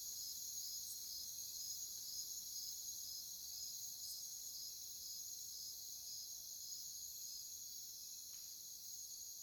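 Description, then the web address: Crickets in chorus, one giving short, evenly spaced chirps over a continuous high-pitched buzzing trill from others. "Nature Songs Nature Sounds Sounds of Nature Collection Crickets"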